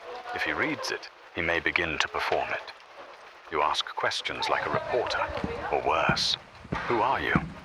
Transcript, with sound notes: If he reads it, he may begin to perform it. (The loud footsteps come closer.) You ask questions like a reporter. Or worse. Who are you?